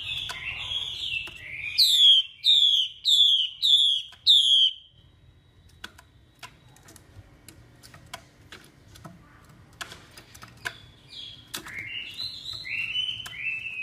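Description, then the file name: Chinese hwamei singing a burst of five loud descending whistles, then a long quieter stretch of clicks and soft notes before warbled phrases return. Female hwamei calling, a sound used to stimulate male birds. "Tieng chim hoa mi mai kich trong"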